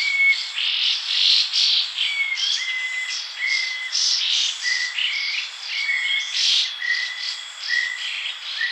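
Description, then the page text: Ferruginous babbler calls: a busy run of short whistled and chattering notes, irregularly repeated, over a constant high insect drone. "Ferruginous Babbler Calls. Quick Sounds"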